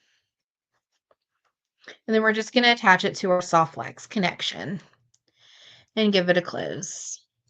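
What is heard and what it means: A metal jump ring is being closed with pliers to attach a beading-wire chain to a Soft Flex connection on a sliding adjustable bracelet from the Soft Flex Company "Diamonds are a Girl's Best Friend" kit. Someone talks over faint, small handling sounds. Nothing has clicked or seated yet when the clip ends.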